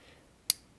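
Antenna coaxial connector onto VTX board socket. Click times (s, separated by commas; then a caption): 0.5 s. A small locking RF antenna coaxial connector is pressed with some force onto its socket on a video transmitter board. A single sharp, bright click sounds at 0.5 s against near silence as the connector engages and seats.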